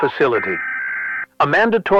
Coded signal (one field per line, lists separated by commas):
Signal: Emergency Alert System (SAME) tones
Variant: header bursts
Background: speech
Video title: Manhunt Analog EAS - Civil Disturbance Alert & Industrial Accident Alert